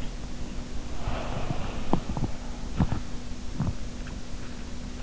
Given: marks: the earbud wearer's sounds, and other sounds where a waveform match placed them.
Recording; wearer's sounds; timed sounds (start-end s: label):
sounds in sleep by an in-ear microphone; body movement
0.93-3.85 s: body movement